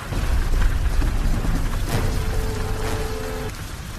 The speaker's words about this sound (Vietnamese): Tôn Chí nói, mưa lớn rồi. La Mặt Thần nhìn mưa lớn ùng ùng kéo đến, trời đã tối sầm.